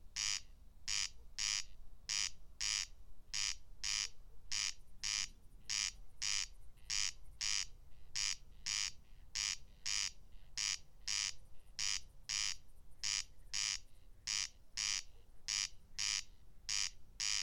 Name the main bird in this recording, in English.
Corn Crake